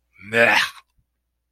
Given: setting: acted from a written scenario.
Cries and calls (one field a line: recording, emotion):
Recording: vocal sound without words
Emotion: contempt